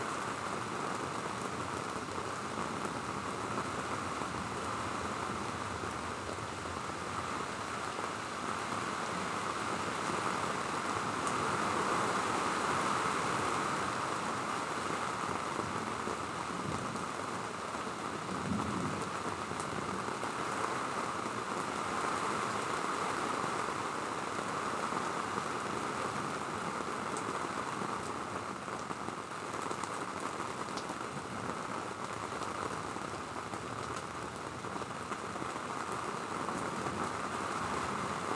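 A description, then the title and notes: Rain from an approaching thunderstorm falls steadily and densely, an even hiss of countless drops striking surfaces. The downpour swells slightly in the middle of the recording and then holds constant, with faint low murmuring underneath. Sounds of a Thunderstorm. I recorded an approaching thunderstorm from Jerome's Town.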